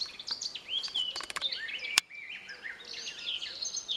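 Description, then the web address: Eurasian blackcap producing quick whistled and chattering notes in a lively warble, interrupted by a few sharp clicks. "pub SETE data Sylvia atricapilla"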